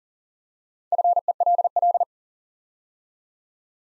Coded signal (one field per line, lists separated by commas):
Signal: Morse code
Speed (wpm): 40 wpm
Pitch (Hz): 700 Hz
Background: none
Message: FELL